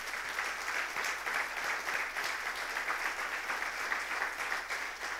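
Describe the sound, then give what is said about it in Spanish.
A church audience claps their hands for the Lord during a sermon, in a dense, steady wash of applause that holds at an even loudness for about five seconds, with no voices standing out. “Dele un aplauso al Señor ahora.”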